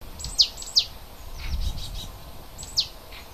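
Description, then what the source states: Bird giving sharp, high, downward-sweeping chirps, three clear ones with fainter notes between, over soft low background rumble. Native bird of the forest, recorded in February.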